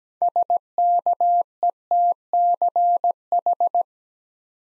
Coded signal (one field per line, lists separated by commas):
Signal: Morse code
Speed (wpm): 17 wpm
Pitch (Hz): 700 Hz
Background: none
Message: SKETCH